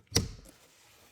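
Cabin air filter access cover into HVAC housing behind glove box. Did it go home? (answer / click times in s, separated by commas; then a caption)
yes / 0.2 s. The plastic cabin air filter access cover on a 2022–2025 Genesis G70 is swung shut into the HVAC housing behind the glove box after its two back hinges are set into their holes. It gives one sharp snap at 0.2 s (0.16 s) and fades into quiet. The cover is seated and closed.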